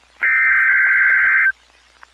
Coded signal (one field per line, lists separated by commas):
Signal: Emergency Alert System (SAME) tones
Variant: header bursts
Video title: RWT (EAS# 89)